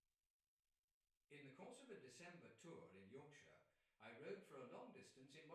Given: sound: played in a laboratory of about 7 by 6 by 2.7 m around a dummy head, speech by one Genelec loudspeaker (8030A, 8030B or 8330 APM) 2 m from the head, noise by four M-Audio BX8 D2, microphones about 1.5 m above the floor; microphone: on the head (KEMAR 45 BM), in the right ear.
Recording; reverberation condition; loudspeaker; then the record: male speech in English; medium; 120 degrees to the left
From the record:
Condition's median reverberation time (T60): about 510 ms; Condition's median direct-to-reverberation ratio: about -0.5 dB